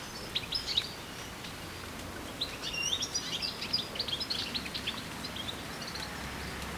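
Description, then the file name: European goldfinch calls, liquid tinkling twitters in quick bursts, busiest in the middle seconds, over a steady low background hiss. "Carduelis carduelis"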